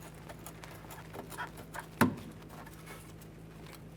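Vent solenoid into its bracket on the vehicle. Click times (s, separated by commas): 2.0 s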